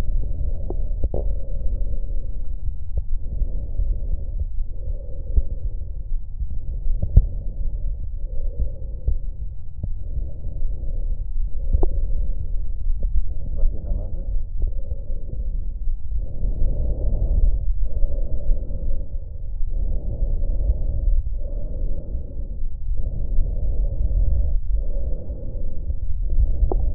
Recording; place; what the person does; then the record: lung sounds by stethoscope; right anterior apical chest; quiet breathing, then deep breathing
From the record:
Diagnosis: none (healthy); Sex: male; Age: 60 years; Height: 190 cm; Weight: 150 kg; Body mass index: 41.6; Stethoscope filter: extended mode